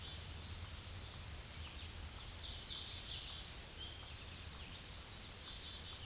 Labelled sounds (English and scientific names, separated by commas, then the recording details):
Tennessee Warbler (Leiothlypis peregrina) song
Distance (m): 75 m
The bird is about 5 m above the microphone
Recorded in a Pennsylvania forest on 16 May 2024 at 08:27
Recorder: AudioMoth, point MSD-2429
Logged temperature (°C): 16.7 °C
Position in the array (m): 33 m, 101 m